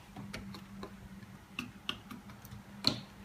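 A plastic Lego brick sub-assembly for a ball dumper is lined up and pushed into a tight spot in a ball machine frame, giving a series of small plastic ticks. The loudest tick, at 2.9 s, is the assembly dropping into place and seating.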